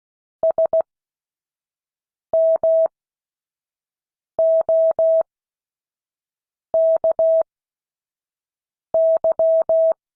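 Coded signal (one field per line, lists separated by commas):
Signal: Morse code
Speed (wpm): 16 wpm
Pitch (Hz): 650 Hz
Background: none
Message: SMOKY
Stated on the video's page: Morse code class.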